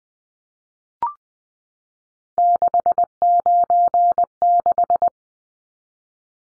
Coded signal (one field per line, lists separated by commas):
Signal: Morse code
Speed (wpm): 20 wpm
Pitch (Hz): 700 Hz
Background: none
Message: 696